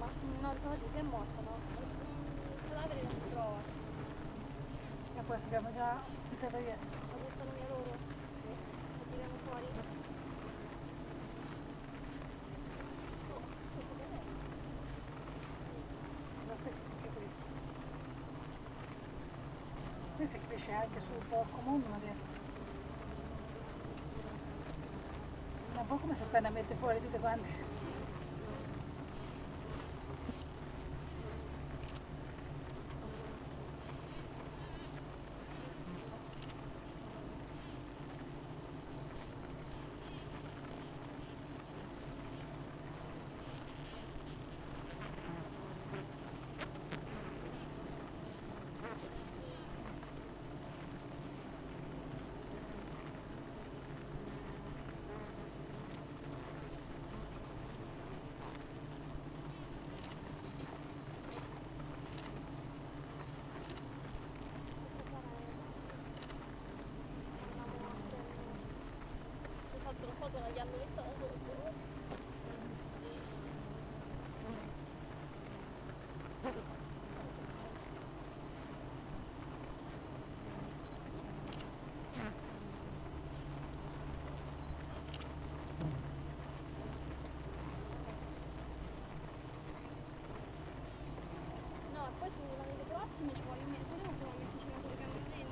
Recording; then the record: honeybee colony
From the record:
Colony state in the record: missing queen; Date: 14 July 2017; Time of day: 7:30